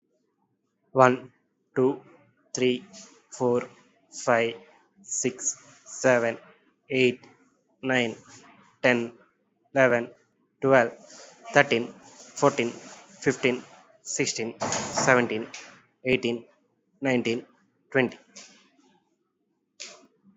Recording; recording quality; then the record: counting at a normal pace; excellent, no background noise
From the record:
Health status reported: recovered from COVID-19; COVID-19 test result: positive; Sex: male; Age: 25 years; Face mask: not worn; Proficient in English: yes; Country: India